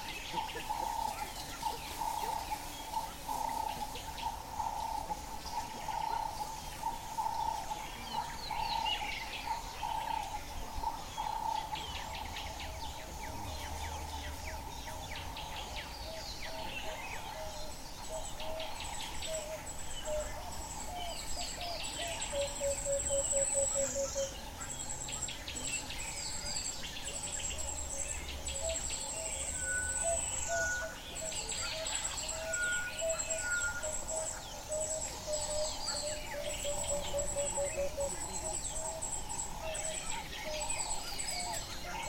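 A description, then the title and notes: An unidentified creature calls at dawn in the savanna, a rapid, evenly spaced series of mid-pitched notes repeating for the first ten seconds or so. Afterward a dense wash of high insect buzzing and scattered bird calls continues, with occasional brief whistles near the twenty-second and thirtieth seconds. Unidentified Call At Kapamba Bushcamp. An unidentified creature calls at dawn in the savanna.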